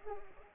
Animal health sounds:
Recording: mosquito wingbeat signal from an infrared sensor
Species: Culex pipiens

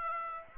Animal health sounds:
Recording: mosquito wingbeat signal from an infrared sensor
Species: Aedes aegypti

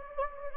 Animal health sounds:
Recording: mosquito wingbeat signal from an infrared sensor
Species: Anopheles gambiae

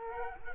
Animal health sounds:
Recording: mosquito wingbeat signal from an infrared sensor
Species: Culex quinquefasciatus

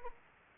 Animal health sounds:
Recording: mosquito wingbeat signal from an infrared sensor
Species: Anopheles arabiensis

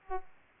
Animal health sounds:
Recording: mosquito wingbeat signal from an infrared sensor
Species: Aedes aegypti

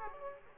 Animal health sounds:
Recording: mosquito wingbeat signal from an infrared sensor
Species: Aedes aegypti

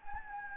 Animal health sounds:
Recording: mosquito wingbeat signal from an infrared sensor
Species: Anopheles gambiae

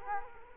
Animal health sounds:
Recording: mosquito wingbeat signal from an infrared sensor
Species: Culex quinquefasciatus

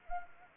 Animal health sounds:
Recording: mosquito wingbeat signal from an infrared sensor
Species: Anopheles arabiensis

